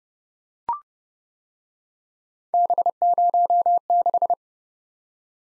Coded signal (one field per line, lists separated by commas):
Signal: Morse code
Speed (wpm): 29 wpm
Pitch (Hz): 700 Hz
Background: none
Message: B06